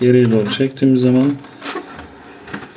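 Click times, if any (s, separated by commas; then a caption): 2.5 s. The flip-up chin bar of a Caberg Duke Evo modular motorcycle helmet is pulled back down to the closed position while someone talks. Its latch engages on the helmet shell with a short, sharp click at 2.5 s, and the chin bar seats shut.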